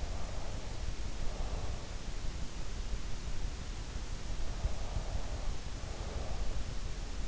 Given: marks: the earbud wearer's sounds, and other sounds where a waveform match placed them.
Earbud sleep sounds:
sounds in sleep by an in-ear microphone; breath
0.00-1.78 s: breath
4.46-6.66 s: breath

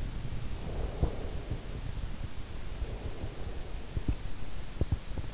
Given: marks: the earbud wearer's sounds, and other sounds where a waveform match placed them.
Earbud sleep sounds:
sounds in sleep by an in-ear microphone; breath
0.60-3.60 s: breath

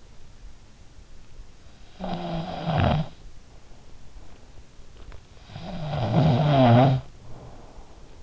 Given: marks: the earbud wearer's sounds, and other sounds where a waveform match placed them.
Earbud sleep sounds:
sounds in sleep by an in-ear microphone; snoring breath
1.49-3.49 s: snoring breath
5.06-8.23 s: snoring breath

